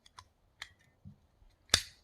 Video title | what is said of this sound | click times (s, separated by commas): BILLBOARD STAPLER எப்படி use பண்ணனும் - For DIY crafts | close பண்ணதுக்கப்புறம் லாக் ஆகிறப்போ ஒரு கிளிக் சவுண்ட் வரும். அதை வச்சு நம்ம என்ஷூர் பண்ணிக்கிறோம். | 1.7 s